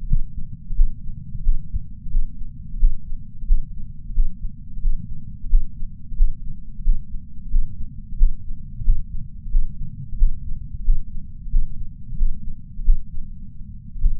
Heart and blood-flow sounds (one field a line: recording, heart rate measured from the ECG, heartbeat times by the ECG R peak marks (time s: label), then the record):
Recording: heart sounds by patch sensor on the chest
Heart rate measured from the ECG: 86 bpm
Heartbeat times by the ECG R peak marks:
0.08 s: heartbeat
0.75 s: heartbeat
1.43 s: heartbeat
2.11 s: heartbeat
2.79 s: heartbeat
3.46 s: heartbeat
4.14 s: heartbeat
4.82 s: heartbeat
5.49 s: heartbeat
6.17 s: heartbeat
6.84 s: heartbeat
7.51 s: heartbeat
8.18 s: heartbeat
8.84 s: heartbeat
9.51 s: heartbeat
10.17 s: heartbeat
10.84 s: heartbeat
11.51 s: heartbeat
12.17 s: heartbeat
12.84 s: heartbeat
14.00 s: heartbeat
From the record:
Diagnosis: coronary artery disease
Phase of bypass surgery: postoperative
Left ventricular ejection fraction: 69.2%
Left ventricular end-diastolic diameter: 44 mm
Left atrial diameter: 37 mm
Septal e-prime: 6.9 cm/s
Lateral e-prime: 8.2 cm/s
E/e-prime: 11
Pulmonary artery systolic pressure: 21 mmHg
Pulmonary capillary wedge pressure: 12 mmHg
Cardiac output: 4.9 L/min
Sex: male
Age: 63 years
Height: 170 cm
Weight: 85 kg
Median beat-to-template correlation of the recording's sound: 0.93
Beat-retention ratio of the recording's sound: 0.99